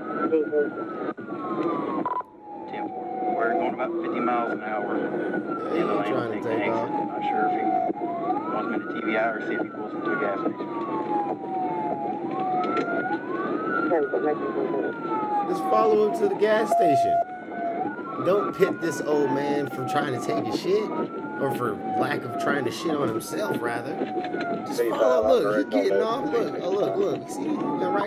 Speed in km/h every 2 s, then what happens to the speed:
79, 82, 81, 79, 81, 82, 82, 82, 81, 77, 77, 79, 74, 69.
0-22 steady at about 81. 22-28 slows to 69.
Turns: none.